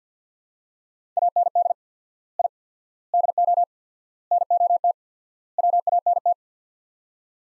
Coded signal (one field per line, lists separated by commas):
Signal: Morse code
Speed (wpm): 50 wpm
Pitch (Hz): 700 Hz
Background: none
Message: AND I DO NOT WANT